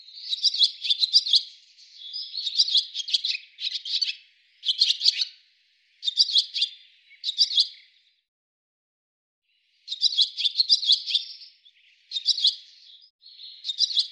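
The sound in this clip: Bird twittering in repeated high chirp phrases separated by short gaps, with a longer silence midway before the chirping resumes.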